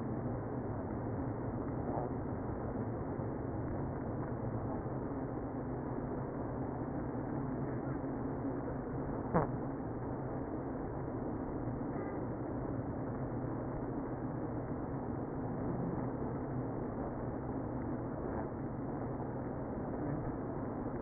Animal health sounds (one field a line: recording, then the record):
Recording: honeybee colony, microphone inside the hive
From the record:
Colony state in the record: queenless (queen removed)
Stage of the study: after two queens were removed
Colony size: about 60,000 bees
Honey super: yes